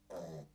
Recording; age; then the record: pig call; piglet (1 to 25 days)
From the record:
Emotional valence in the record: negative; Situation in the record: restrain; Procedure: back test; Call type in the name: low-frequency call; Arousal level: low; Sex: male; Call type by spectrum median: low-frequency call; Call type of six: low-frequency stable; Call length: 0.55 s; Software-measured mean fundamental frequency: 83 Hz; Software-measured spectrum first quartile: 244 Hz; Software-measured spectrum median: 498 Hz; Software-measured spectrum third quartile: 736 Hz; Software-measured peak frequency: 528 Hz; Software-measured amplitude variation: 144 dB a second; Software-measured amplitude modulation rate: 16.5 a second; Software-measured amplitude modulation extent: 8.7 dB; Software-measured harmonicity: 2.4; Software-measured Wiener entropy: -0.01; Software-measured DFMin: 1157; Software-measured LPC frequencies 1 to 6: 570, 4019, 5129, 6175, 7632, 8941 Hz